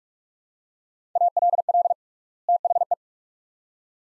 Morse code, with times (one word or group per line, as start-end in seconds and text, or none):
1.2-1.9 ALL
2.5-2.9 THE